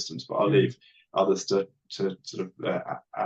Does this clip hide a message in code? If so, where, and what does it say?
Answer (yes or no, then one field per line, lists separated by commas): no